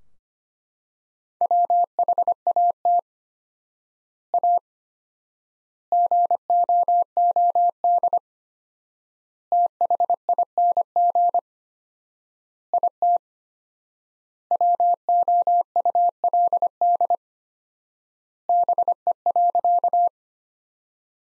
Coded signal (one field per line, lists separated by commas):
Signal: Morse code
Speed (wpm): 25 wpm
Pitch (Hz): 700 Hz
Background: none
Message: WHAT A GOOD THING IT WOULD BE.